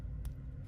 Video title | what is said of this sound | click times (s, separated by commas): Starfish Designs Making An Outlined Name snaptab | Oh, it's so thick you didn't hear the click, but it clicked. | 0.2 s